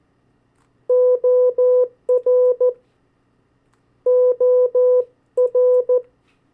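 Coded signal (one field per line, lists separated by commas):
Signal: Morse code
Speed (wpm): 14 wpm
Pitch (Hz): 500 Hz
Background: none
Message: OR OR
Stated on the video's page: Morse code drill of state abbreviations at variable speeds.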